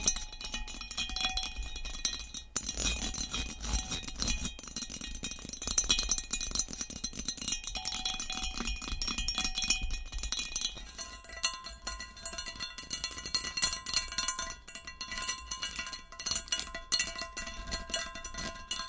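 Fast, aggressive tapping and scratching with fingernails on hard items, a dense, unbroken stream of sharp clicks and bright scrapes. The texture is busy and crisp with metallic, clinking tones, briefly dropping out near 2.5 seconds and shifting character around 11 seconds.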